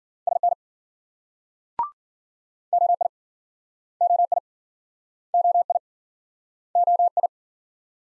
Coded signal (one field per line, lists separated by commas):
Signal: Morse code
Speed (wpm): 52 wpm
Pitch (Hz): 700 Hz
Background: none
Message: SN OI OI OI OI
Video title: Multi-letter Phonemes - Speed-Racing - 40wpm